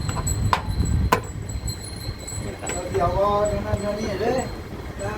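A cross-shaped metal spider bracket of a washing machine is hooked onto the drum and slid down into its lock, with sharp metallic knocks as it seats at 0.5 s and 1.1 s. Someone talks afterwards over a low background rumble.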